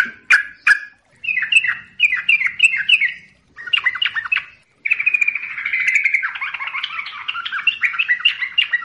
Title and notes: Pancingan Subuh Siang Sore Malam Untuk TRUCUKAN Agar Cepat Gacor Dan Ropel. Kicau Burung Trucukan